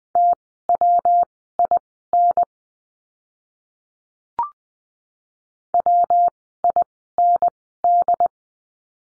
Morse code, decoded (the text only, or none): TWIN WIND